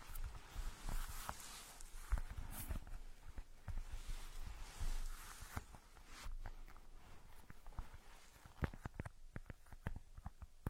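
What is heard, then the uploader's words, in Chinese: Ear picking, with dense scratchy rustling and scraping through the first six seconds, some bursts sharper and louder. After that the rubbing thins out into a quieter hiss broken by crisp, irregular clicks and pops, clustered most tightly near the end. 抠耳朵催眠。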